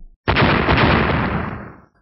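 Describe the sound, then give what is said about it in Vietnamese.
A rapid, unbroken barrage of loud explosions erupts suddenly and rattles on for nearly two seconds as a dense, crackling roar, then tapers off quickly into silence. No voices. “Những tiếng nổ liên tiếp vang lên, cây cột bị chém hai đoạn, trên mặt còn lưu lại vết kiếm khí.”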